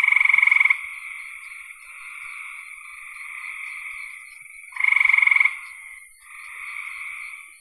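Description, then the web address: Frogs calling: loud rapid pulsed trills at the start and near five seconds, over a softer ongoing trilling chorus. "cn frogs"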